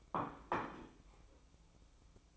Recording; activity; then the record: daily activity, microphone in the room; place plate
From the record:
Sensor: 1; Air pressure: 1007.5 hPa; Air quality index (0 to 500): 78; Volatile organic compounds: 1 ppm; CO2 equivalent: 675 ppm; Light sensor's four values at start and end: 9/21/8/9 and 9/21/8/9